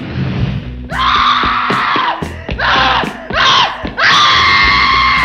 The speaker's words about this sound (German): Und man konnte sie über den ganzen Kilometer der Siedlung schreien hören.